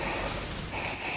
She's a huge snorer. That is a pretty deep sort of snore.